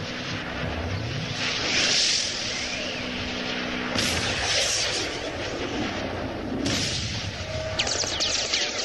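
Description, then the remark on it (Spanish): The engines of five airplanes drone overhead in the sky above a city in a steady, loud, rushing roar that swells and surges several times, with a low rumbling underneath and no voices. “Desde el centro de la ciudad, un extraño haz de luz color naranja busca a los 5 aviones en la inmensidad del cielo.”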